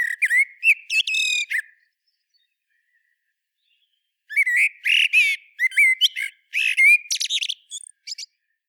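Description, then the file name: Common blackbird singing two bursts of mixed whistles and squeaky chatter, the second longer, with a thin, scratchy ending. "Turdus merula"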